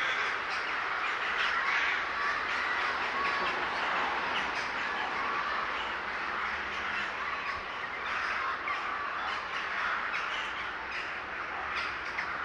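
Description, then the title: Birds: a crowd calling together, rapid overlapping harsh notes forming a busy unbroken chorus. Gathering of birds in S. Staszic Park, Łódź. "Ptaki W Parku Im. S. Staszica W Łodzi"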